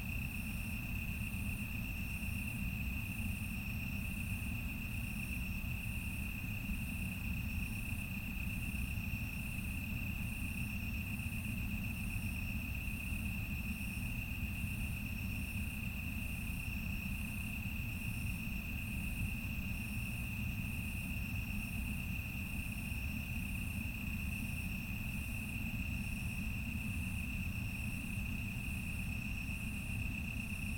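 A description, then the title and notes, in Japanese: Insects sing busily in the grass behind a house on an autumn night after rain, a steady high trill joined by a faster, brighter chirping pulsing in regular beats. A constant low rumble, like traffic, runs underneath throughout. 雨上がりの秋の夜。夕立が上がって自宅の裏の草むらでは虫たちが賑やかに鳴いています。鳴り止むことはない大合唱の中、止まったり新しく入ってきたり、秩序のあるような、ないような。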